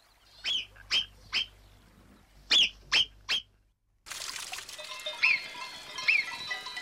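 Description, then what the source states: Alpine marmot whistles: sharp, high single calls, three then three more, followed by two fainter whistles over a noisy background that starts abruptly. In the mountains, as the day grows louder.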